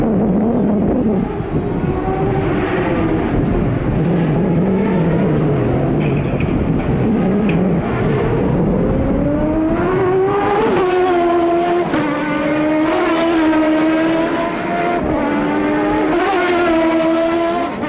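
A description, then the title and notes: Race cars roar around a street circuit, engine pitch sliding down then climbing in repeated rising sweeps as cars accelerate past, loud and continuous. The Sounds of CART IndyCar at Detroit, 1990. Trackside sounds of the CART IndyCar Series as it raced around downtown Detroit on the former Formula 1 circuit. The 2.65-liter single-turbo V8 engines from Chevrolet, Cosworth, Judd, Alfa Romeo, and Porsche. There’s also the distinct grunt and wail from the 3.4-liter single-turbo Buicks in action around the tight 2.5-mile street layout.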